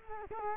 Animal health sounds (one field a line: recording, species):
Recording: mosquito wingbeat signal from an infrared sensor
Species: Culex quinquefasciatus